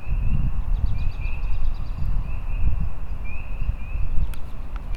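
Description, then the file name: Spring peepers giving quick rising peeps in a steady chorus, a low rumble throughout, and a couple of sharp clicks near the end. Rural outdoor ambience. "freesound rural outside ambience with peeper frogs"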